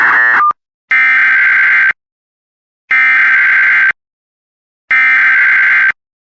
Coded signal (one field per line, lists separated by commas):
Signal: Emergency Alert System (SAME) tones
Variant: header bursts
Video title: Urgent Los Angeles amber alert for a 3 month old EAS #51